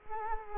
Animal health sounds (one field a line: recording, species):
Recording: mosquito wingbeat signal from an infrared sensor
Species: Culex quinquefasciatus